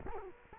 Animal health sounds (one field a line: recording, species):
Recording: mosquito wingbeat signal from an infrared sensor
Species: Culex quinquefasciatus